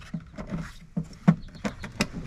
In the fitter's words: you hear the click and we